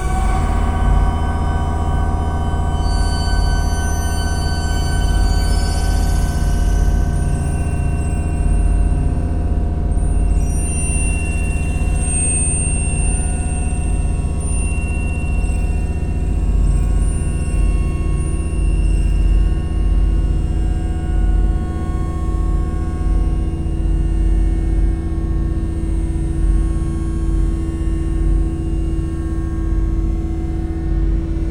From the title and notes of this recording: Using old online e synths to create sounds (rather than music), in this case the Ancient Solfeggio Synthesizer I found in 2012. Then, putting the result into ambient v.3 software and improvising on it. Lots of reverb, always lots of reverb. Then, manipulating the original synth sounds in Audacity, using its simplified version of Paulstretch, copying and cutting bits and modifying them to create drones.